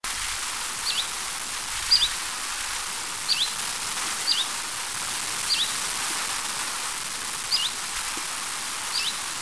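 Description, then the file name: Common chiffchaff calls: several faint, short notes repeated irregularly over a steady hiss of background noise. Recorded at Nigula in 1998. "phycol Nigula"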